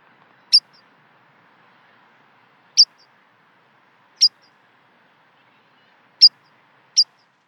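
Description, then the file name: Rock pipit calls: single sharp, high 'tsip' notes spaced irregularly, from under one to over two seconds apart, over near silence. "skarpiplarka"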